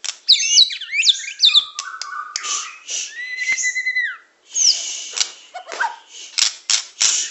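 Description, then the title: Oriental magpie-robin song with twisting high whistles, a long level whistle that drops away, sharp snapping clicks and scratchy notes. "Kicau Kacer"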